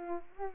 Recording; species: mosquito wingbeat signal from an infrared sensor; Culex pipiens